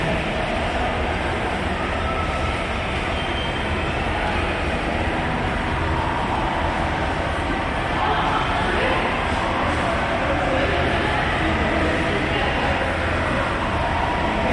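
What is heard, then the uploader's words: Airport ambience dominated by a steady, dense low rumble like a rail shuttle in motion, swelling slightly past the midpoint before holding constant. European Airportmosphere (Barcelona, Brussels, Amsterdam Mashup). European airport sounds, mix recorded before the Coronavirus pandemic.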